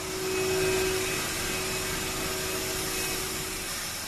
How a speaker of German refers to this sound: Heute führen im Maschinenraum der Dampflutanlage dicke gelbe Rohre zu einem riesigen blauen Ventil. Hier wird Heißdampf produziert